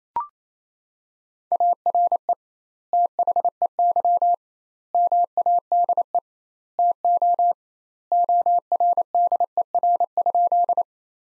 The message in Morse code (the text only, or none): ARE THEY MADE TO ORDER?